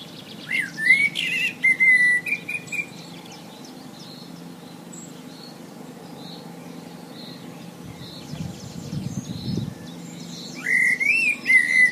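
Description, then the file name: Common blackbird singing mellow whistled phrases, one at the start and one at the end, separated by a long pause with faint chirps of other birds. "Merle"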